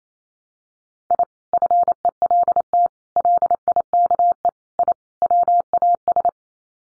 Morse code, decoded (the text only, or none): I FELT LIKE I WAS